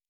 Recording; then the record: hydrophone in a shrimp aquaculture tank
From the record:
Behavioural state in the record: normal